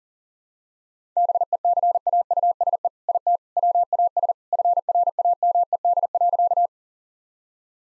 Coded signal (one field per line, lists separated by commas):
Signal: Morse code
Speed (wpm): 40 wpm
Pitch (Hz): 700 Hz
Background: none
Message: BECAUSE IT WAS FRAMED.